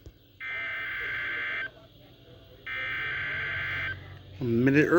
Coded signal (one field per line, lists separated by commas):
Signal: Emergency Alert System (SAME) tones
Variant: header bursts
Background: speech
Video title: Required Weekly Test On KXI79 10/26/2022 (EAS #1,770)